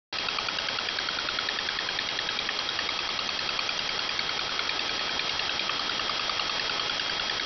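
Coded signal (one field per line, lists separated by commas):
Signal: multi-tone FSK (Olivia or MFSK type)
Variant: 4-FSK, 4 channels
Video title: MFSK Oddity, 4 FSK, 4 channel, 32 bit cycle, 100ms interval, 4kHz BW, 15905kHz, 6Nov2021, 2156z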